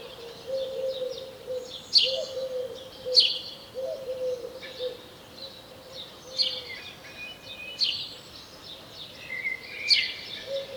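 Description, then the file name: House sparrow chirps, short sharp notes sounding at uneven intervals of one to three seconds, with a steady low hum underneath. "Passer domesticus"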